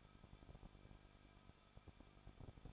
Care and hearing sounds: daily activity, microphone in the room; no activity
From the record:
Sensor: 5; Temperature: 20.8 degrees Celsius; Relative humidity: 38.2%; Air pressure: 1006.5 hPa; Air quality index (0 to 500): 186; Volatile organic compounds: 18 ppm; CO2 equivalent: 2609 ppm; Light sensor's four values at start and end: 2/3/1/1 and 2/3/1/1

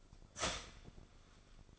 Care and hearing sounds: daily activity, microphone in the room; start toaster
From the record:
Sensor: 5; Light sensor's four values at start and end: 33/108/40/41 and 33/108/40/41

